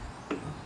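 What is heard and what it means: A car door fitted with a vertical (lambo) door kit is pulled down by its inner handle until the latch clicks into its striker. A sharp click is heard at 0.3 s over low background rumble, and the latch seats.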